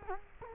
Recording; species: mosquito wingbeat signal from an infrared sensor; Culex quinquefasciatus